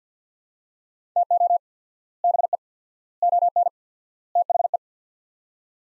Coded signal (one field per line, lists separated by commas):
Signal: Morse code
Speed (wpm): 48 wpm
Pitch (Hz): 700 Hz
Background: none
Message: TO BE ON THE